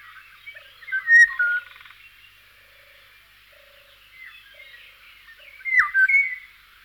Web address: singvoegel gesang. kosmos 93 pirol